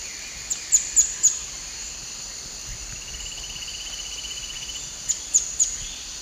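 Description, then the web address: Slender-billed xenops song: two short bursts of three or four very high, thin, sharp notes, separated by a pause of about four seconds, over a steady high insect drone. Song; eastern lowlands of South America. "Natures Songs S America Eastern Lowlands. Xenops tenuirostris, song"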